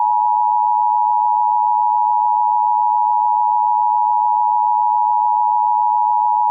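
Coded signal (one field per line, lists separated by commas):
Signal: Emergency Alert System (SAME) tones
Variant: 853 and 960 Hz attention tone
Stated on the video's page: Fictional, deliberately ridiculous EAS scenario, not a real alert.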